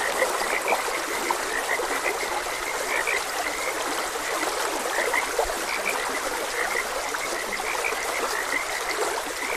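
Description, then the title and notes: Many frogs croak together in a busy, unbroken chorus of brief repeated notes, with flowing water hissing steadily beneath. Frogs croaking beside a gentle stream. "Gentle Stream and Frogs Croaking. Sleep and Relaxation Podcast"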